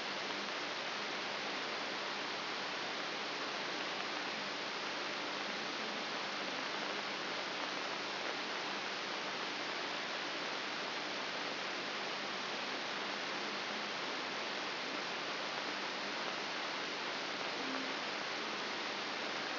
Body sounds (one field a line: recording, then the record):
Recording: brain microelectrode recording played as sound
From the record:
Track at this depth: inside the subthalamic nucleus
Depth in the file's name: 2.105 mm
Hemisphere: left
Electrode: 3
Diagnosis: Parkinson's disease